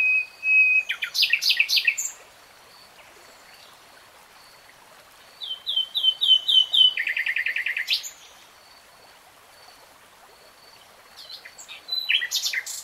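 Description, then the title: Nightingale song: three phrases of whistles, sharp repeated notes and a rattling trill, separated by several seconds of near silence. Nightingale singing in real time. "[Tiếng chim hót] 3 Hours REALTIME Nightingale Singing"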